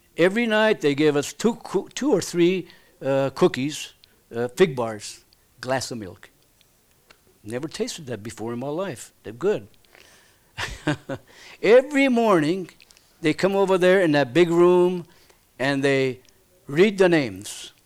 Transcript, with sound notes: Every night they gave us two, two or three cookies, fig bars, glass of milk. I never tasted that before in my life. They're good. ( he laughs ) Every morning they come over there in that big room and they read the names.